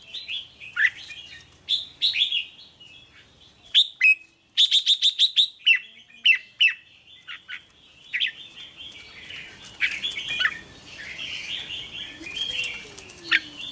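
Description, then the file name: Red-whiskered bulbul song: short warbled phrases with bursts of quick, sharp notes and busier chatter toward the end. "Tieng chao mao hot che"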